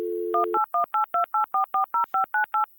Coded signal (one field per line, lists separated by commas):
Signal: DTMF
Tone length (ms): 130 ms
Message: 181828440598